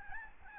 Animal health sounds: mosquito wingbeat signal from an infrared sensor; Aedes albopictus

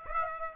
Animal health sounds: mosquito wingbeat signal from an infrared sensor; Aedes aegypti

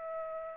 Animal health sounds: mosquito wingbeat signal from an infrared sensor; Aedes aegypti

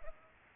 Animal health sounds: mosquito wingbeat signal from an infrared sensor; Culex pipiens

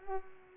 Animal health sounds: mosquito wingbeat signal from an infrared sensor; Culex pipiens

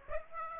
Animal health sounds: mosquito wingbeat signal from an infrared sensor; Aedes aegypti

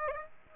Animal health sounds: mosquito wingbeat signal from an infrared sensor; Aedes aegypti

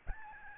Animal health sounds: mosquito wingbeat signal from an infrared sensor; Aedes albopictus

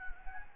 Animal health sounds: mosquito wingbeat signal from an infrared sensor; Anopheles gambiae

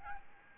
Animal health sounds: mosquito wingbeat signal from an infrared sensor; Aedes albopictus

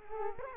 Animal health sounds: mosquito wingbeat signal from an infrared sensor; Culex quinquefasciatus

